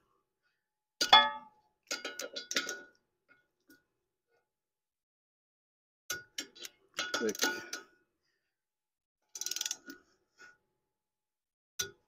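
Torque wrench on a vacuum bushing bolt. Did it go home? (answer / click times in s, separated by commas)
yes / 11.8 s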